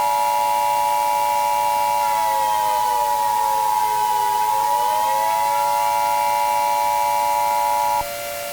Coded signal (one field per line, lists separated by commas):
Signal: Emergency Alert System (SAME) tones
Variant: 853 and 960 Hz attention tone